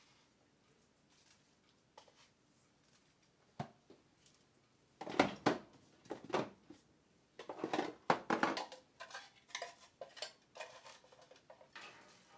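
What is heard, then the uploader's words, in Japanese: Cooking eggplant stewed in tomato: clinks and scrapes of utensils against pots and dishes come in scattered bursts. Quiet for the first few seconds, then a cluster of sharp clatters around five to nine seconds, with lighter taps and scraping continuing to the end. 環境音 ナスのトマト煮込み。ベーコンの代わりにちくわをいれてみました。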